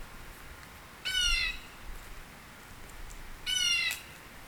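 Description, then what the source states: Bird calling with two short, harsh, nasal squawks about two and a half seconds apart, over a quiet hiss of background noise. Northern Illinois.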